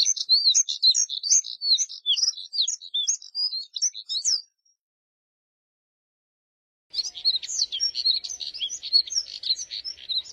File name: Canto do Redstart de Moussier